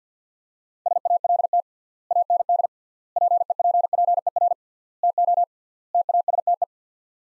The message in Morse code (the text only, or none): SALT AND PEPPER TO TASTE